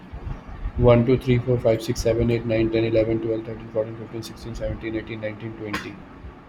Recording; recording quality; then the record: counting at a fast pace; excellent, no background noise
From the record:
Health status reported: healthy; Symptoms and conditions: asthma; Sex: male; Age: 32 years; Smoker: yes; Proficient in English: yes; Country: India